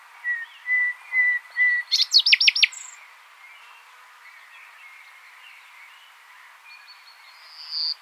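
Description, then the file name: Common nightingale song: four drawn-out, even whistles, then a burst of rapid, sweeping chirps, quiet afterwards until a final high note. "Luscinia megarhynchos"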